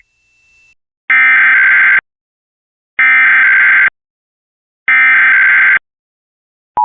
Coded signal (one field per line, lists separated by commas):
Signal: Emergency Alert System (SAME) tones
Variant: header bursts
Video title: Week of 2026-05-17 EAS 814-912 RWT RMT SVR SMW FFW